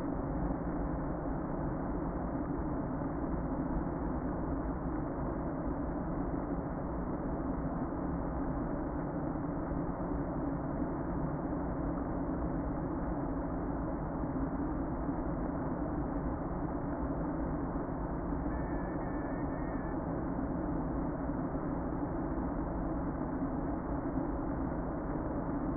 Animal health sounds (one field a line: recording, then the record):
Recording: honeybee colony, microphone inside the hive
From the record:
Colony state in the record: queen present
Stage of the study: before two queens were removed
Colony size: about 60,000 bees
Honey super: yes